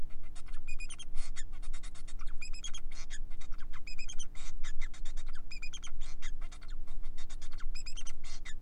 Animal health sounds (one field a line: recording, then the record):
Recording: song of a male Bengalese finch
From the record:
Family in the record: son of father 4